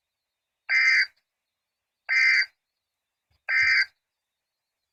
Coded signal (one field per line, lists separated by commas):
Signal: Emergency Alert System (SAME) tones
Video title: EAS 98 and 99 - (Missed 98 except for EOM) SVR Arkansas